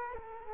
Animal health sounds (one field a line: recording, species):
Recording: mosquito wingbeat signal from an infrared sensor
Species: Culex quinquefasciatus